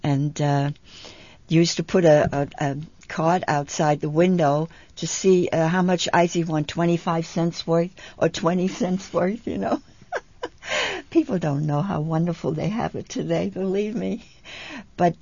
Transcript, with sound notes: And he used to put a card outside the window to see how much ice you want, twenty-five cents worth or twenty cents worth, you know? ( she laughs ) People don't know how wonderful they have it today, believe me. But